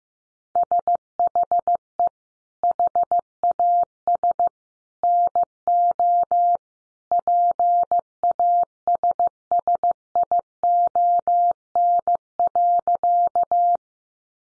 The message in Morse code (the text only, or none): SHE HAS NO PASSION.